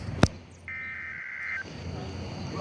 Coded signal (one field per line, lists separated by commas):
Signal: Emergency Alert System (SAME) tones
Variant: header bursts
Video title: OUT IN PALM SPRINGS! NOAA Weather Radio EAS: Required Weekly Test (EAS #389)